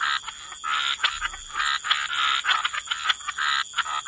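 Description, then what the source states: Many frogs croaking together, choppy grating bursts following one another closely, a faint steady high tone running throughout. Frog chorus.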